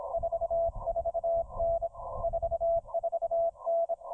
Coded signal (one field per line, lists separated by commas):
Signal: Morse code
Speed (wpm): 22 wpm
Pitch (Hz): 690 Hz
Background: music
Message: 44N 44N